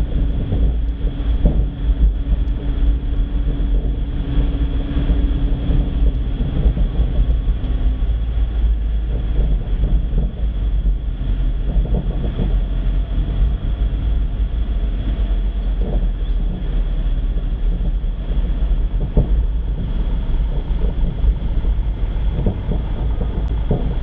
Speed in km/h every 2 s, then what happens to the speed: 22, 21, 20, 17, 16, 16, 15, 14, 12, 9, 7, 3.
0-14 steady at about 16. 14-24 slows to 3.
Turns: none.